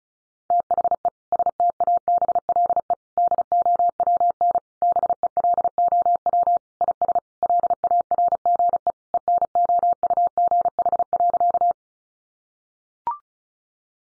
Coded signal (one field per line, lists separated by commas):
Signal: Morse code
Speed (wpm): 34 wpm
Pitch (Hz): 700 Hz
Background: none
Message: THE STABLE DOWN BELOW IS LARGE ENOUGH.